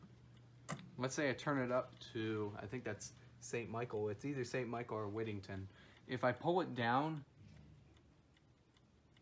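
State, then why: Not seated. Someone talks while the chime selector lever in the movement of a Howard Miller Webster mantel clock is turned up to another chime setting and then pulled down toward the Westminster position, which can be hard to get into place. The lever has not clicked into Westminster.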